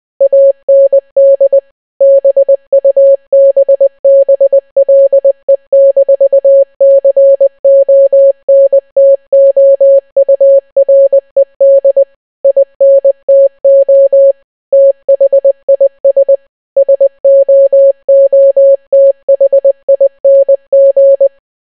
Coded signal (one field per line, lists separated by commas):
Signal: Morse code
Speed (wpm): 20 wpm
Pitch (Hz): 550 Hz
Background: none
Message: AND BUBBLE-CONTOURED INTO THIS SOOTHING